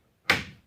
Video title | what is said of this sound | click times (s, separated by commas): Installing 32" Lazy Susan and 170° hinge doors | these these are clip tops just like the other hinges so they just snap into place | 0.3 s